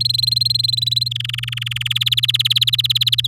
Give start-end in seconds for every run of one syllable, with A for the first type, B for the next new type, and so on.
0.00-1.08 A, 1.11-1.93 B, 1.95-3.27 C